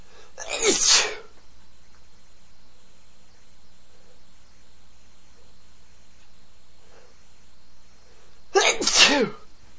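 Two forceful, explosive sneezes from an adult man, about eight seconds apart, each a sharp hissing burst of air. Between them is near-silence with only a faint steady background hum. These are ordinary sneezes.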